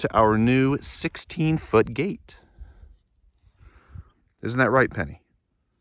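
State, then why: Not seated. Someone talks about a new 16-foot metal farm gate, a property gate with a small latch, as it is handled, with faint, quiet knocks and rustles in the pause between speech from about 2.3 to 4.2 s. The latch has not yet snapped into place; nothing has seated or clicked yet.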